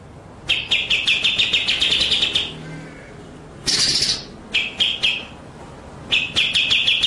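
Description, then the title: White-rumped shama singing long rattling trills of quick repeated notes, then a harsh buzzy burst and shorter trilled phrases. Masteran training track of rolling (ngerol) and sharp, shooting (nembak) song. "Masteran Murai Batu Full Ngerol Nembak"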